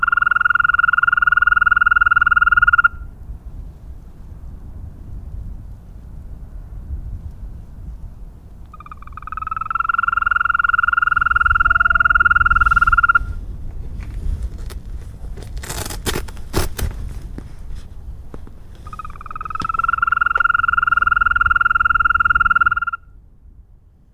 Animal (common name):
Green Toad